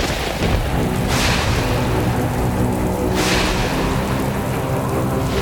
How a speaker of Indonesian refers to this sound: Langit mendadak gelap dan petir menyambar.